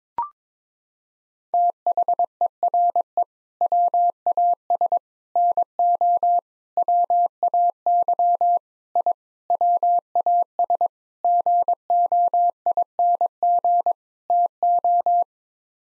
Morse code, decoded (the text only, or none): THERE WAS NO WAY I WAS GOING TO